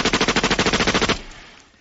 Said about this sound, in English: Can you take me out in a hail of gunfire?